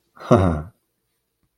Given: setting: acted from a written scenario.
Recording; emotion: vocal sound without words; positive surprise